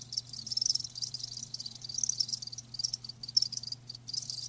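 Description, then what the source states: Crickets chirp in short high bursts separated by small pauses, a gentle rhythmic trilling over a low hum. Live crickets chirping, a lulling song.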